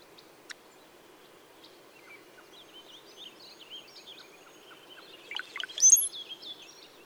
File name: Brown-headed Cowbird